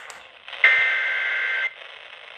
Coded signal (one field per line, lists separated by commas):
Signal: Emergency Alert System (SAME) tones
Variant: header bursts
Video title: EAS Alerts From 7/9/25: A Compilation (EAS 869-898)